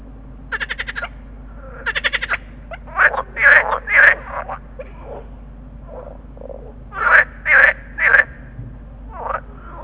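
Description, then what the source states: Water frog chorus mixing fast pulsed rattles with loud drawn-out quacking croaks in groups of three, several frogs calling together over a low hum. Chorus call of green frogs (groene kikker).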